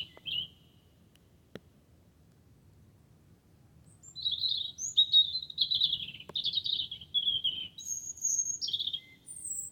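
Wren: mostly quiet at first, then a wren launches into a fast, high-pitched warbling song of short slurred notes that runs to the end.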